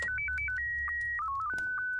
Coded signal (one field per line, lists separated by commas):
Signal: SSTV (slow-scan television)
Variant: Scottie 1